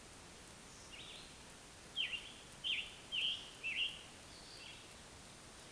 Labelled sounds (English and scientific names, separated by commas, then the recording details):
Scarlet Tanager (Piranga olivacea) song
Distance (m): 25 m
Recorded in a Pennsylvania forest on 1 June 2023 at 08:08
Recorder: AudioMoth, point grid3_35_high
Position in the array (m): 165 m, 140 m